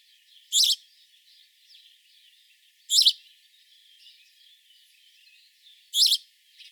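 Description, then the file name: House sparrow chirps, three sharp single notes spaced a few seconds apart over soft background twittering. "Passer domesticus"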